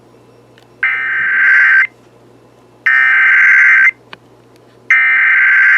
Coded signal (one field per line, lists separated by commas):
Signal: Emergency Alert System (SAME) tones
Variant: header bursts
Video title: YET ANOTHER CONFIRMED TORNADO... | EAS Alerts from 8/18/23 Severe Weather Event (EAS #600-634)